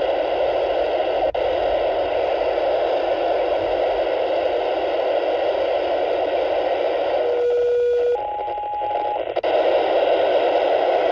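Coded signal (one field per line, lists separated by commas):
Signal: two-tone page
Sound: radio hiss, then one steady low tone followed by one higher tone, about a second each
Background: radio static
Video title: Multi-Tone SELCALL Signal or Paging and Data Bursts on MURS 1 - 151.820 MHz VHF RX - 16 August 2023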